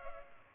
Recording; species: mosquito wingbeat signal from an infrared sensor; Culex pipiens